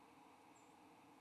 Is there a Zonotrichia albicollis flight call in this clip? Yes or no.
yes